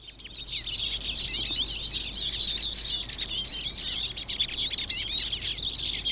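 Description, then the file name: Eurasian siskin twittering, a dense unbroken chatter of high chirps throughout. "Eurasian Siskin (Carduelis spinus)"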